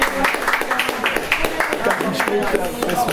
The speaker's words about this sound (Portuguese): Pronto, uma salva de palmas.